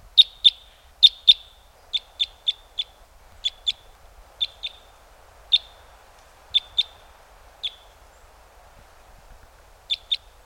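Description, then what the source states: Red Crossbill flight calls: many sharp, clipped high notes, mostly in quick pairs, with an otherwise quiet background. Type N Red Crossbill, flight calls.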